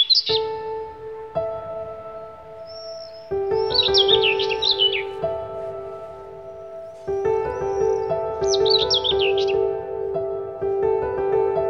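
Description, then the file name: Bird giving rapid, high twittered phrases with faint whistles between them, accompanied by continuous mellow music tones. "Bird Song Group - Chirping"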